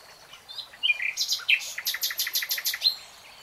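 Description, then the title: Nightingale singing a short whistled introduction, then a quick, rhythmic series of about a dozen bright repeated notes. Real-time recording. "[Tiếng chim hót] REALTIME Nightingale Singing"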